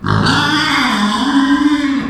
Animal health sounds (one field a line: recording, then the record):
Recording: squeal of a Yucatan mini pig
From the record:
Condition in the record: after surgery on the right vocal fold (resection and tissue-engineered implant)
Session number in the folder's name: 16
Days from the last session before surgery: 183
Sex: female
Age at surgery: 19 weeks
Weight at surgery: 25 kg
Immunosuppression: prednisolone